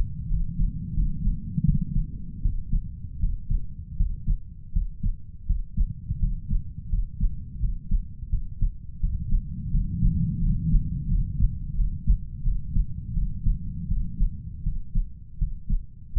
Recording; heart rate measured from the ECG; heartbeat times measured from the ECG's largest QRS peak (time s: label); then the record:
heart sounds by stethoscope; 83 bpm
0.28 s: heartbeat
0.94 s: heartbeat
1.65 s: heartbeat
2.42 s: heartbeat
3.20 s: heartbeat
3.97 s: heartbeat
4.72 s: heartbeat
5.46 s: heartbeat
6.19 s: heartbeat
6.89 s: heartbeat
7.60 s: heartbeat
8.30 s: heartbeat
9.00 s: heartbeat
9.71 s: heartbeat
10.40 s: heartbeat
11.08 s: heartbeat
11.75 s: heartbeat
12.43 s: heartbeat
13.14 s: heartbeat
13.88 s: heartbeat
14.63 s: heartbeat
15.38 s: heartbeat
16.13 s: heartbeat
From the record:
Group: healthy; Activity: cold pressor test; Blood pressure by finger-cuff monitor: 132/82 mmHg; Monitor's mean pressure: 98 mmHg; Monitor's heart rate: 86 bpm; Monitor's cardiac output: 7.5 L/min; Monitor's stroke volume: 86 mL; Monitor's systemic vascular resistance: 970 dyn s/cm5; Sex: male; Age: 33 years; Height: 179 cm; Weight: 80.4 kg